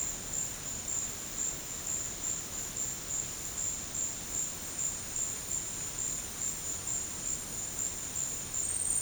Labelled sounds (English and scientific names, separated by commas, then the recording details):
none
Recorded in secondary vegetation near Puerto Asís, Putumayo, Colombia, on 24 March 2025 at 14:00
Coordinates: 0.502, -76.326
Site G100